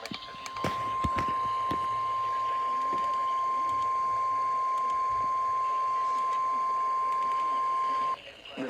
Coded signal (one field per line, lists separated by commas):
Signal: Emergency Alert System (SAME) tones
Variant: 1050 Hz attention tone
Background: speech